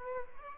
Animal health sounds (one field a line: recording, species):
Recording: mosquito wingbeat signal from an infrared sensor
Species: Aedes albopictus